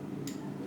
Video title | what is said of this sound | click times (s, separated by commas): How to Assemble, Disassemble and Clean Vessel Sealing Device | go very gently and listen for a tiny little click there | 0.3 s